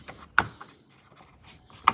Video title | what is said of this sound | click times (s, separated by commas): Jeep Wagoneer S - Receiver Hitch | and just snaps in with a bunch of clips, and then the other Torx | 0.4 s, 1.9 s